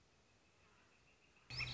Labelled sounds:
Northern Flicker
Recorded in Sonoma County, California

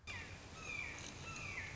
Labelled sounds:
Red-shouldered Hawk
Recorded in Sonoma County, California

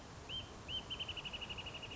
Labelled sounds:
Wrentit
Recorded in Sonoma County, California

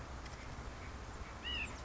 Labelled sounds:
White-breasted Nuthatch
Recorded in Sonoma County, California

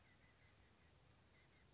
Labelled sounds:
Oak Titmouse
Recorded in Sonoma County, California

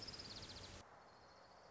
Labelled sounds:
Orange-crowned Warbler
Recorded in Sonoma County, California

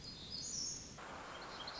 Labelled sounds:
Black-throated Gray Warbler
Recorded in Sonoma County, California

